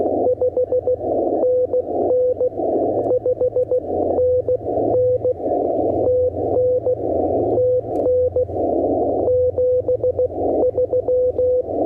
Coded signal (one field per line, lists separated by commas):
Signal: Morse code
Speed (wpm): 16 wpm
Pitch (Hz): 500 Hz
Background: none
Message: 5NN 5NN TN TN 73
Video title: I'm no POTA expert, but I did activate a Holiday Inn Express!!!